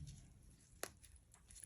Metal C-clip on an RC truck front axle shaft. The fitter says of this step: okay that one's in nice click positive click on that